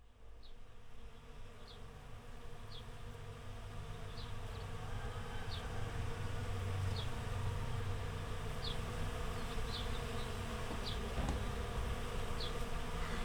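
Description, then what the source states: Bees buzzing as a dense, steady low hum throughout, with repeated short high chirps above it. Bees in a flowering rapeseed field, Słoneczna 9, Siemianowice Śląskie, Poland; Saturday 18 May 2019; Zoom H5 with Audio-Technica BP4025.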